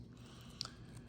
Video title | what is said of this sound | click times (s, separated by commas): SCX24 Kamak Chassis Assembly Video | and um it just kind of snaps into place there fits right in between the frame rails | 0.6 s